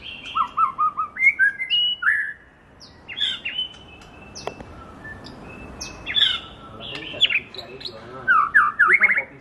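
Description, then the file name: White-rumped shama delivering a fast string of repeated whistled notes, sliding phrases, and harsh high chips, with a quieter stretch in the middle. Medan murai variety. "suara murai medan"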